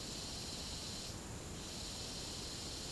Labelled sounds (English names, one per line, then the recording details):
none
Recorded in secondary vegetation near Puerto Asís, Putumayo, Colombia, on 20 December 2024 at 09:00
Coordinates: 0.489, -76.322
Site G059